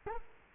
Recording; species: mosquito wingbeat signal from an infrared sensor; Culex quinquefasciatus